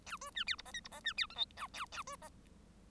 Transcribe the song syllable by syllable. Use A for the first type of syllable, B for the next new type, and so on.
A B C D E F G E F C D H I J A A B F